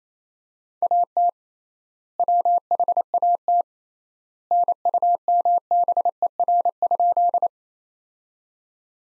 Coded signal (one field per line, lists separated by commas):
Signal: Morse code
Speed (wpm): 27 wpm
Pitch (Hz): 700 Hz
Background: none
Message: AT WHAT NUMBER?